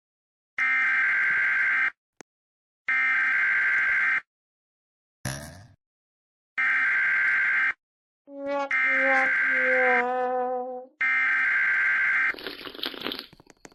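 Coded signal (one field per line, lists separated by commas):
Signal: Emergency Alert System (SAME) tones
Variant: header bursts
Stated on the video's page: Emergency alert from a Roblox game.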